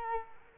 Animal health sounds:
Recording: mosquito wingbeat signal from an infrared sensor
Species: Culex quinquefasciatus

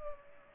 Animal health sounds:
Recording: mosquito wingbeat signal from an infrared sensor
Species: Culex pipiens

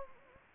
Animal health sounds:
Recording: mosquito wingbeat signal from an infrared sensor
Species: Anopheles gambiae

